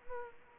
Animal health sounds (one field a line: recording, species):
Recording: mosquito wingbeat signal from an infrared sensor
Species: Aedes aegypti